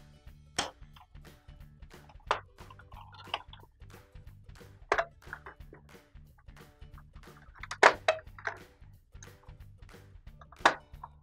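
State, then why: Seated. The plastic retaining tabs of a Kenmore washer's 8181837 five-button set are pressed back into the control panel, giving sharp snaps at 0.6, 2.3, 4.9, 8.1 and 10.7 seconds over steady low background music. The tabs snap back into place and the button set is seated.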